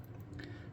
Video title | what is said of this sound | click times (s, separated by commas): Build #1389 - Kraken #328 - Humbert | And how you do that is you back the crown off the threads until you hear it and feel it clicking. | 0.0 s, 0.4 s